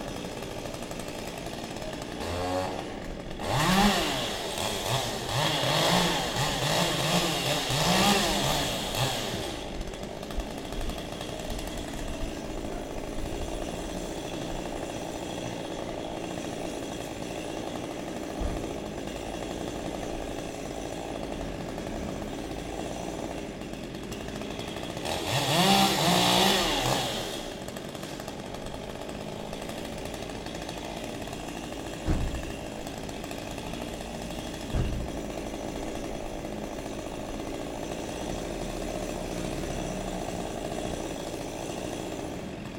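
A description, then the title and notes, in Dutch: A chainsaw cuts through branches of a tree in a built-up area, with two loud bursts of revving around 3 to 9 seconds and again near 25 seconds. Between cuts the saw idles low, and a few sharp knocks land around 32 and 35 seconds. Cutting down a tree Den Haag. Cutting down a tree in a densely built place; branch by branch, from top to bottom. This particularly tree was sick and treating to fall on a daycare center. Het verwijderen van een boom in een dicht bebouwd gebied; tak voor tak, van boven naar beneden.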